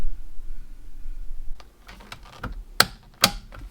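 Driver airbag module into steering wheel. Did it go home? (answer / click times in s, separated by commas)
yes / 2.8 s, 3.2 s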